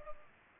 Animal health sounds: mosquito wingbeat signal from an infrared sensor; Culex pipiens

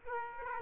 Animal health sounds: mosquito wingbeat signal from an infrared sensor; Aedes aegypti

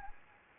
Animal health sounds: mosquito wingbeat signal from an infrared sensor; Anopheles arabiensis

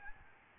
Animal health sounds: mosquito wingbeat signal from an infrared sensor; Aedes albopictus

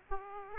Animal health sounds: mosquito wingbeat signal from an infrared sensor; Aedes aegypti

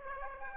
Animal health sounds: mosquito wingbeat signal from an infrared sensor; Aedes aegypti

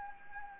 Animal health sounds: mosquito wingbeat signal from an infrared sensor; Anopheles gambiae

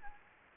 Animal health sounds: mosquito wingbeat signal from an infrared sensor; Anopheles arabiensis

